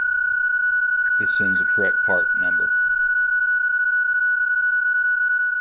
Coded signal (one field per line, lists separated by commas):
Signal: PSK31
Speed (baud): 31.25 baud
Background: speech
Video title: Location, Location, Location for POTA